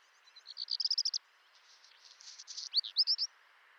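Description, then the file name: Black redstart song: a quick run of high rapid notes, a pause, a scratchy grinding phrase, then several bright whistled notes. "Rougequeue noir"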